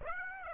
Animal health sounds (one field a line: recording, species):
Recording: mosquito wingbeat signal from an infrared sensor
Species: Aedes aegypti